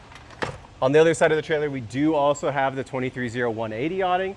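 An awning on an off-road camper trailer is pushed back into its stowed mount, and a sharp click is heard at 0.4 s as it pops back into place and seats. Someone then talks.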